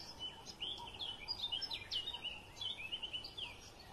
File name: canto do tecelao de cabeca branca